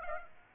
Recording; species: mosquito wingbeat signal from an infrared sensor; Aedes aegypti